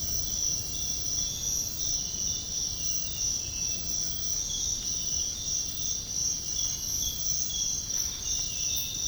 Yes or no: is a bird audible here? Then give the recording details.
no. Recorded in dense forest near Puerto Asís, Putumayo, Colombia, on 22 June 2025 at 05:30. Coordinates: 0.481, -76.323. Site G072